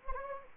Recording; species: mosquito wingbeat signal from an infrared sensor; Anopheles gambiae